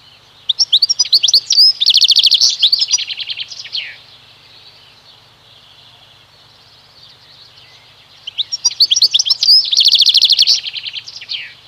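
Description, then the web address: European goldfinch song in two fast, liquid bursts of chirps, buzzy trills and rattles, each about three seconds long and separated by a pause of several seconds. "Kurs PTTK Przyroda Ptaki Szczygieł"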